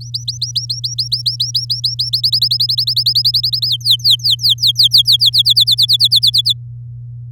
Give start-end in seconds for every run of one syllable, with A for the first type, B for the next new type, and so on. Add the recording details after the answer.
0.00-2.10 A, 2.13-3.67 B, 3.67-5.42 C, 5.45-6.53 D. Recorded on 9 May 2018 at 12:57. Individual llb16